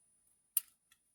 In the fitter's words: Plug it in till it clicks.